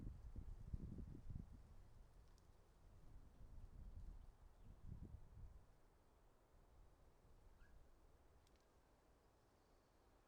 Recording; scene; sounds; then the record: everyday scene through a hearing-aid microphone; wind on the microphone; wind, traffic, birds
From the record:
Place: suburban garden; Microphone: in the ear canal, right